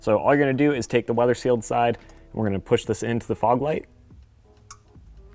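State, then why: Seated. Someone talks while the weather-sealed side of a Diode Dynamics adapter harness is pushed into the plastic socket of a Diode Dynamics Stage Series LED fog light for a 2014–2021 Tundra. After the talking stops, a short, sharp click is heard at 4.7 s as the connector seats, followed by a quieter tick near 5.3 s.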